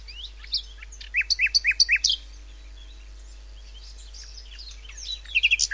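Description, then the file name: Common nightingale song: a quick series of sharp, repeated descending notes, a pause, then another rapid burst of chirps at the end. "Luscinia megarhynchos"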